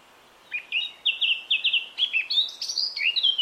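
Eurasian Blackcap singing a rapid, jumbled warble of short high notes.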